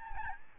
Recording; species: mosquito wingbeat signal from an infrared sensor; Aedes albopictus